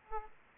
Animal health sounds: mosquito wingbeat signal from an infrared sensor; Aedes aegypti

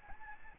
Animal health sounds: mosquito wingbeat signal from an infrared sensor; Aedes albopictus

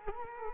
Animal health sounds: mosquito wingbeat signal from an infrared sensor; Culex quinquefasciatus

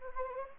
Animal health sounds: mosquito wingbeat signal from an infrared sensor; Anopheles gambiae

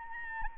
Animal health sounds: mosquito wingbeat signal from an infrared sensor; Anopheles arabiensis

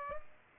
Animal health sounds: mosquito wingbeat signal from an infrared sensor; Aedes aegypti

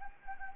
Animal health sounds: mosquito wingbeat signal from an infrared sensor; Anopheles gambiae

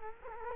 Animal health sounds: mosquito wingbeat signal from an infrared sensor; Culex quinquefasciatus

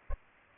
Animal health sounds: mosquito wingbeat signal from an infrared sensor; Aedes aegypti

